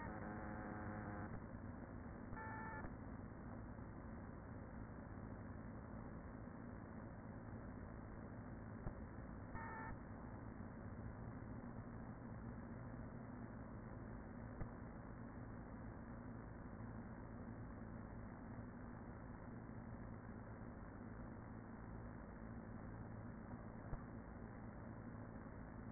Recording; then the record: honeybee colony, microphone inside the hive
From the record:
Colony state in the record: queen present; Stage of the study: after two queens were removed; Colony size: about 40,000 bees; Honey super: no